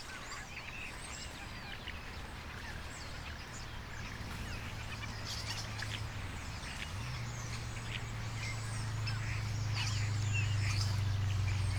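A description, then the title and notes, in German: Starlings chatter in the evening, a dense, continuous mass of bright chirps, whistles and clicks from many birds at once. A low steady hum runs underneath, dipping briefly around seven seconds, and the whole chorus grows gradually louder toward the end. Stare Am Abend. Stare die landen.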